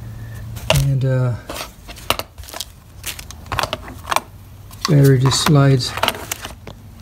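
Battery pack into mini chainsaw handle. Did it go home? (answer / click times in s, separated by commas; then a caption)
yes / 6.3 s. A 24V lithium battery pack is slid into the handle of an O-CONN mini cordless chainsaw while someone talks, with several sharp handling knocks along the way. A short sharp snap at 6.3 s marks the pack latching in place, seated in the tool.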